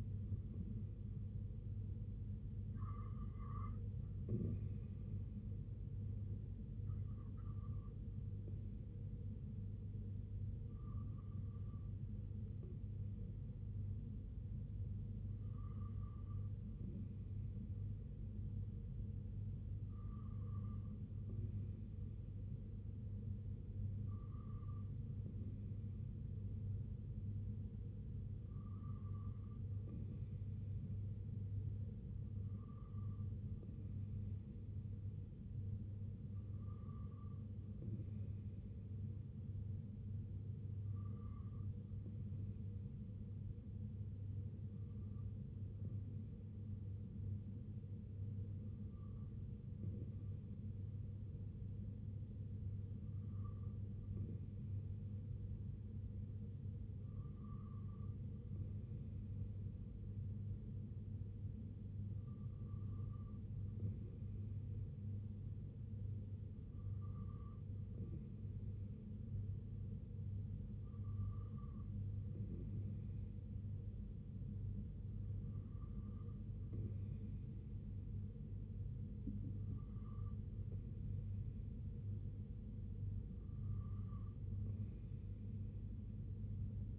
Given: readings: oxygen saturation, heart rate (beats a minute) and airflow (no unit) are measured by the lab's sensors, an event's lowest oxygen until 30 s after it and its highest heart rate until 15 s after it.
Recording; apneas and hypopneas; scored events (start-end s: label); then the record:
breathing in sleep by a smartphone at the bedside; none
none scored
From the record:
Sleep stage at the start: N2 (light sleep); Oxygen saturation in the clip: 93 to 95%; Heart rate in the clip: 65 to 73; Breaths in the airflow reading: 20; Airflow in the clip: -3.9 to 2.3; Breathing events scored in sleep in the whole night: 258 in 7.4 hours asleep